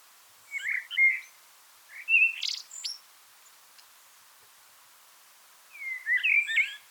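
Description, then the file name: Eurasian blackbird song: three fluted warbling phrases separated by pauses, the second with a brief high squeaky twitter. "Turdus merula"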